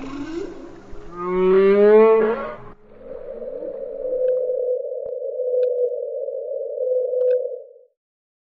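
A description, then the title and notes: Whale song opens with a loud, rising, wavering moan that fades by three seconds, then a long, steady, buzzing tone with faint clicks. Whale Song.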